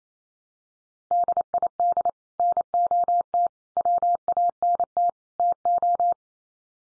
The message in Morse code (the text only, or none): DID NOT WANT TO